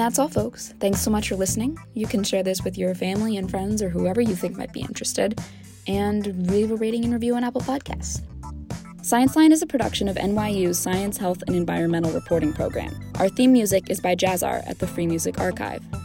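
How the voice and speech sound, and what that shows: A single adult woman speaks in a steady, clear, mid-pitched voice with easy, fluent phrasing and only brief natural pauses. There are no repetitions, blocks or strain. The speech is ordinary, with faint room sound in the background.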